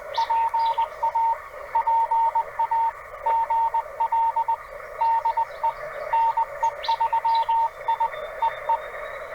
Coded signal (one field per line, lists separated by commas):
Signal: Morse code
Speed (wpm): 20 wpm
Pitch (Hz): 910 Hz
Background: radio noise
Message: PA PA GL DE NE3I EE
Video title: CW POTA Activation. 18 May 2025, US-2969 Port Royal State Park TN